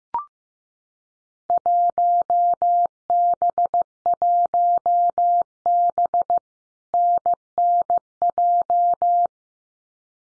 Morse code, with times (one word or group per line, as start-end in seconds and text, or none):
1.5-6.4 1B1B
6.9-9.3 NNJ